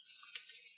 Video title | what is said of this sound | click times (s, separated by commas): HP ProBook 4525s Notebook Screen Replacement Procedure | you feel like a clicking motion | 0.4 s